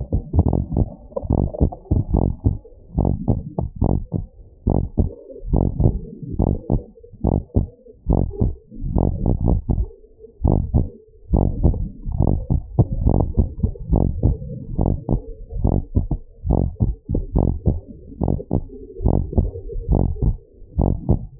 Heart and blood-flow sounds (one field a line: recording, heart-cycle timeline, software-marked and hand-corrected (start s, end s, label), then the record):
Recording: heart sounds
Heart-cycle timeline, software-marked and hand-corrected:
0.00	0.05	S2
0.05	0.47	diastole
0.47	0.61	S1
0.61	0.75	systole
0.75	0.87	S2
0.87	1.35	diastole
1.35	1.47	S1
1.47	1.61	systole
1.61	1.71	S2
1.71	2.13	diastole
2.13	2.29	S1
2.29	2.45	systole
2.45	2.55	S2
2.55	2.99	diastole
2.99	3.13	S1
3.13	3.27	systole
3.27	3.39	S2
3.39	3.89	diastole
3.89	4.01	S1
4.01	4.15	systole
4.15	4.23	S2
4.23	4.73	diastole
4.73	4.85	S1
4.85	4.99	systole
4.99	5.09	S2
5.09	5.51	diastole
5.51	5.65	S1
5.65	5.79	systole
5.79	5.93	S2
5.93	6.47	diastole
6.47	6.57	S1
6.57	6.71	systole
6.71	6.81	S2
6.81	7.29	diastole
7.29	7.43	S1
7.43	7.57	systole
7.57	7.67	S2
7.67	8.09	diastole
8.09	8.25	S1
8.25	8.39	systole
8.39	8.51	S2
8.51	8.95	diastole
8.95	9.11	S1
9.11	9.25	systole
9.25	9.37	S2
9.37	9.77	diastole
9.77	9.87	S1
9.87	9.97	systole
9.97	10.03	S2
10.03	10.45	diastole
10.45	10.61	S1
10.61	10.75	systole
10.75	10.87	S2
10.87	11.33	diastole
11.33	11.51	S1
11.51	11.63	systole
11.63	11.77	S2
11.77	12.25	diastole
12.25	12.39	S1
12.39	12.51	systole
12.51	12.61	S2
12.61	13.05	diastole
13.05	13.23	S1
13.23	13.37	systole
13.37	13.47	S2
13.47	13.91	diastole
13.91	14.07	S1
14.07	14.23	systole
14.23	14.35	S2
14.35	14.83	diastole
14.83	14.97	S1
14.97	15.11	systole
15.11	15.21	S2
15.21	15.63	diastole
15.63	15.79	S1
15.79	15.95	systole
15.95	16.05	S2
16.05	16.49	diastole
16.49	16.65	S1
16.65	16.79	systole
16.79	16.89	S2
16.89	17.35	diastole
17.35	17.53	S1
17.53	17.67	systole
17.67	17.79	S2
17.79	18.29	diastole
18.29	18.39	S1
18.39	18.53	systole
18.53	18.61	S2
18.61	19.05	diastole
19.05	19.21	S1
19.21	19.35	systole
19.35	19.49	S2
19.49	19.91	diastole
19.91	20.09	S1
20.09	20.23	systole
20.23	20.35	S2
20.35	20.79	diastole
20.79	20.93	S1
20.93	21.07	systole
21.07	21.19	S2
21.19	21.40	diastole
From the record:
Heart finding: normal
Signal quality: good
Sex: female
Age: 68 years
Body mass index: 23.8